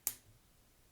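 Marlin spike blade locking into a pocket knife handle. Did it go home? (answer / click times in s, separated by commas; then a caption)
yes / 0.1 s. A marlin spike on a multi-tool pocket knife is opened until its steel liner lock engages, locking the tool into the handle. A single sharp, bright snap is heard at 0.1 s, then it fades quickly into near silence. The marlin spike is seated and locked.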